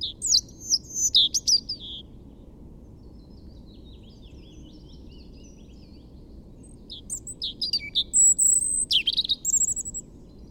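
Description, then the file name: European robin song: a brief, high, jingling phrase opens, a long quiet gap follows, then a longer burst of shrill whistles and thin twittering notes. "Erithacus rubecula"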